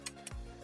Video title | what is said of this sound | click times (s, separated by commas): Maono BA-92 Low-Profile Microphone Boom Arm Review/Unboxing [BEST Low-Profile Arm Under 99.99] | and they're metal on metal so they're going to Clank and click as you just heard | 0.1 s, 0.3 s